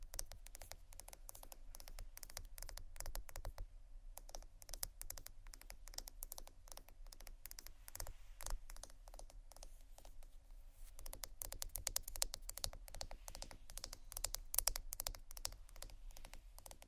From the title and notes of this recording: ASMR Fast Tapping & Scratching （No Talking）.